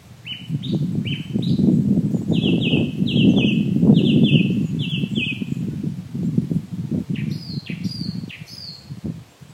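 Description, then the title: Bird song, repeated bright descending whistled notes in quick series, with other short chirps later, over a continuous low rumble. Ross Island, County Kerry, Ireland. "爱尔兰凯里罗斯岛罗斯岛鸟儿的声音"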